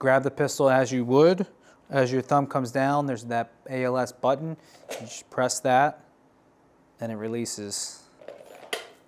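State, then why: Seated. Someone talks while drawing a pistol from a Safariland 6360 polymer duty holster by pressing the ALS retention button with the thumb, followed by a few soft handling sounds. The pistol is then pushed back into the holster, and the ALS retention latch catches it with a sharp click at 8.7 s, seating it rock solid.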